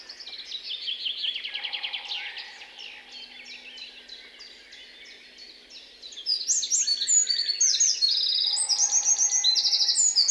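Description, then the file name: Eurasian wren song, rapid trills at first, softer notes in the middle, then a loud, fast burst of high trills and rattling phrases from about the sixth second onward. "Troglodytes troglodytes"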